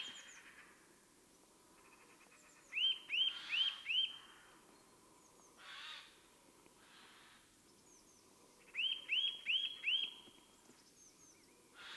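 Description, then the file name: Eurasian nuthatch calling in two bursts of several rising whistled notes, with faint high chirps and scattered noise bursts. "Sitta europaea"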